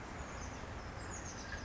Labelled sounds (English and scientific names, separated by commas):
Oak Titmouse (Baeolophus inornatus)